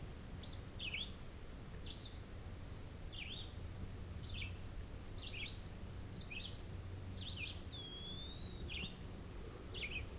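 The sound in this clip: Red-eyed vireo repeating short clipped whistled phrases of rising and falling slurs, with a persistent low hum underneath.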